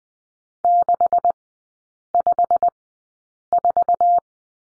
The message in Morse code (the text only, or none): 654